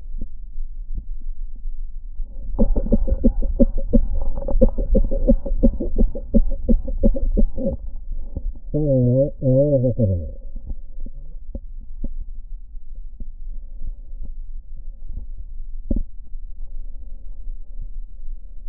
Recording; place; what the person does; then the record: lung sounds by stethoscope; right posterior basal chest; quiet breathing, then cough and speech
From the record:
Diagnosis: COPD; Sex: male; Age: 70 years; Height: 183 cm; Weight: 116 kg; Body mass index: 34.6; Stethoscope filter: diaphragm mode